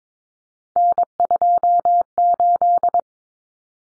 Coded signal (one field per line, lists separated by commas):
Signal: Morse code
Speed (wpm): 22 wpm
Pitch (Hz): 700 Hz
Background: none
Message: N28